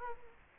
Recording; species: mosquito wingbeat signal from an infrared sensor; Culex quinquefasciatus